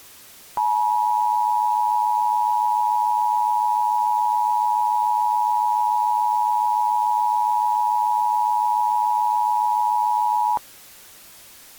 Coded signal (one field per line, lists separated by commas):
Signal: Emergency Alert System (SAME) tones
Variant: 853 and 960 Hz attention tone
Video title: EAS Halloween Special - Triple Threat: Tornado x Creepypasta